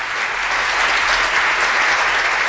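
applause

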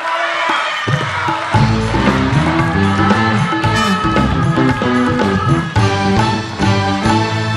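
crowd cheering and shouting

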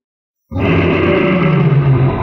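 monstrous roar

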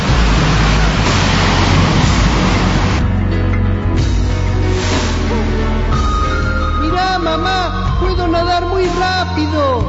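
ocean waves

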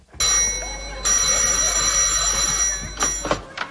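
old telephone bell ringing

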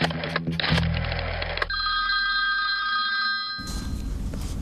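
telephone ringing

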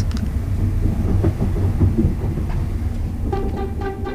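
train pulling into station

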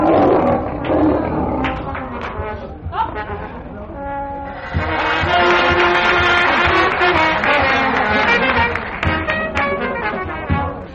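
lion roaring

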